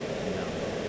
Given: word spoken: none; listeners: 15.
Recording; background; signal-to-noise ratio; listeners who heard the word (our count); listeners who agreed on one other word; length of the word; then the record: one English word in noise, from a listening test; speech-shaped noise; -6.9 dB; 1 of 15; 7 of 15; 0.49 s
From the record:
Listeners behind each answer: 7, 4, 1, 1, 1, 1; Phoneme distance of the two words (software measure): 10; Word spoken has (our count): 1 syllable, 3 phonemes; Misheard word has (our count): 1 syllable, 3 phonemes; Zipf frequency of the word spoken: 4.88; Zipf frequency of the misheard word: 3.47